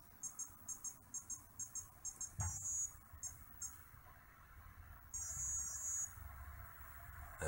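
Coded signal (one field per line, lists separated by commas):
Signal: beep code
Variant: Castle Creations ESC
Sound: quick series of short high-pitched beeps, a pause, more beeps, then a longer tone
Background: background hum, room noise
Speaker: those tones let us know that everything is tuned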